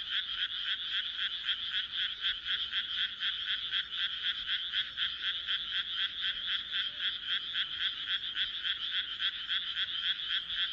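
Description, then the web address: A frog chorus gives a regular, fast pulsing trill, croaks blending into a steady high-pitched throb. "kaeru kaeru"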